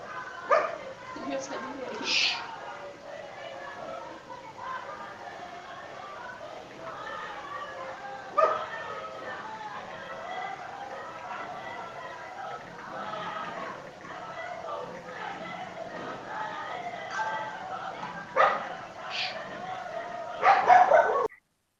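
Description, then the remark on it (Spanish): A dog that is not the speaker's barks below a house in scattered short bursts, several sharp yaps standing out above a steady murmur of people talking, with a cluster of louder barks near the end. “Y encima se te pone a ladrar el perro ahí.”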